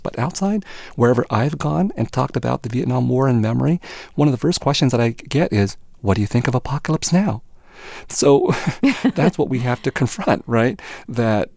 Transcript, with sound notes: But outside, wherever I've gone and talked about the Vietnam War and memory, one of the first questions that I get is, what do you think of "Apocalypse Now"? So...
(Laughter).
That's what we have to confront - right?